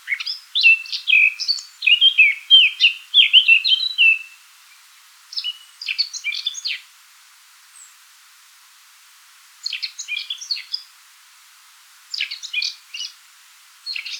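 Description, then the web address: Eurasian blackcap giving bursts of quick, scratchy high-pitched warbling, five phrases separated by pauses, the last cut off at the end, with a quiet background. "sylvia atricapilla call"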